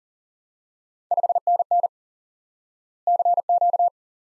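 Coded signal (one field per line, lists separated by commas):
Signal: Morse code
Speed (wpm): 40 wpm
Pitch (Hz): 700 Hz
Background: none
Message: 5NN CQ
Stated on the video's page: Instant word recognition lesson on common QSO elements: 559.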